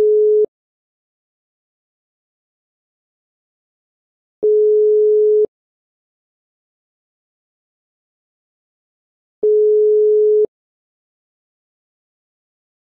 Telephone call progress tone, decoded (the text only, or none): ringback tone